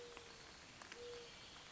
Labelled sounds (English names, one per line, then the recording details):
Mourning Dove
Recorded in Sonoma County, California